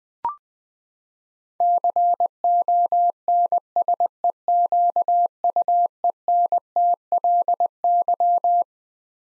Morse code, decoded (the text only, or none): CONSEQUENTLY